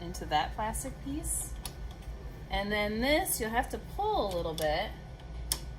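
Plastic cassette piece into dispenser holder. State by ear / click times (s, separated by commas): seated / 5.5 s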